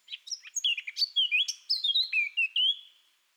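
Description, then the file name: Eurasian blackcap song: a continuous phrase of quick chattering notes that turns into clear, loud whistled slurs, some rising and some falling, before fading out. "Sylvia atricapilla"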